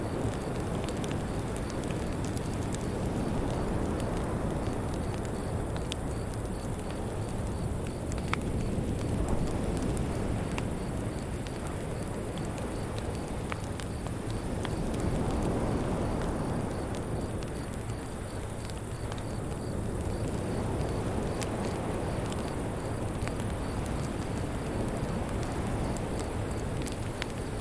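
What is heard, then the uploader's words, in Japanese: A beach fire crackles, with sharp pops and snaps scattered throughout over a thick, rumbling bed that swells and eases every several seconds. A thin, steady cicada chorus hums high and faint the whole time. ビーチファイア シケーダ合唱 | 夜のコージーな雰囲気。賑やかなプーケットとクラビの間にひっそりと佇むコーヤオノイは。島の固有のシケーダが何千年にもわたって練り上げられた子守唄を奏でます。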